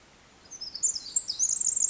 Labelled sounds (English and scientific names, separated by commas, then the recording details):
Pacific Wren (Troglodytes pacificus)
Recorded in Sonoma County, California